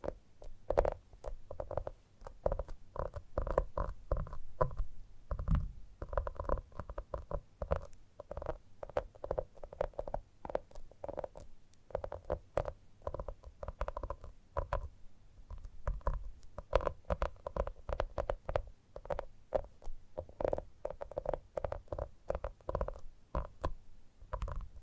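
Gentle tapping runs nearly nonstop, with quick, irregular taps falling several times a second over a low, soft rumble. Each tap has a hollow, muted ring in the middle range. A heavier, denser stretch of thumps arrives around five to seven seconds.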